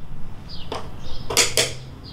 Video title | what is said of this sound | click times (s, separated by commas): Polaris MAXX Suction Side cleaner Set Up and Installation Video | can hear it snap on and the cleaner features these swiss lock hoses | 1.6 s